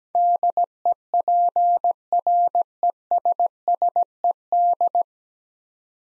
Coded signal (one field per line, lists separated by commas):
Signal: Morse code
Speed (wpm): 17 wpm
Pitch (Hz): 700 Hz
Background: none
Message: DEPRESSED